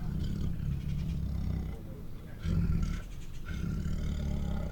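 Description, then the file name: White tiger producing a continuous deep throaty growl, swelling louder around two and a half seconds before settling back to a steady rumble. White tiger at a zoo, making angry growls, snarls, snores and roars. "White Tiger at Zoo Makes Angry Growls, Snarls, Snores and Roars [Sound Ideas]"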